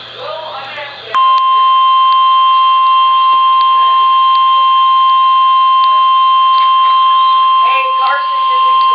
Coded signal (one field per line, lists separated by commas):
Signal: Emergency Alert System (SAME) tones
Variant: 1050 Hz attention tone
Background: speech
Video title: EAS Alert #191